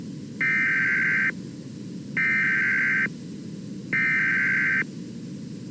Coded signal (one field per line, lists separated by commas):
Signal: Emergency Alert System (SAME) tones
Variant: header bursts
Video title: EAS-ADR over WAHCIPTV